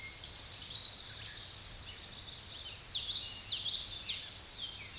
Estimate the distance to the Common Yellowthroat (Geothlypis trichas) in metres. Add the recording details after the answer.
about 20 m. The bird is about 5 m below the microphone. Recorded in a Pennsylvania forest on 16 May 2024 at 06:25. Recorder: AudioMoth, point MSD-2320. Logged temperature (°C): 12.8 °C. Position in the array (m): 228 m, 181 m